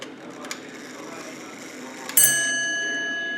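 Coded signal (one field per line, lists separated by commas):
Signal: ship's bell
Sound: faint room noise, then a single clear bell strike ringing out and slowly fading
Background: faint clock ticking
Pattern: 1 strike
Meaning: One bell marks the first half hour of the watch, here 8:30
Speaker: next strike will be one bill at 8:30 two bills at 9:00 three bills at 9:30 etc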